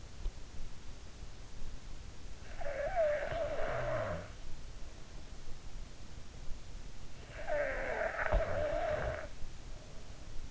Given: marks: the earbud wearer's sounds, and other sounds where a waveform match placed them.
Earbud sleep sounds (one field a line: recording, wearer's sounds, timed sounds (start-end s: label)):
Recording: sounds in sleep by an in-ear microphone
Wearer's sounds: snoring breath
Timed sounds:
2.50-4.34 s: snoring breath
7.29-10.51 s: snoring breath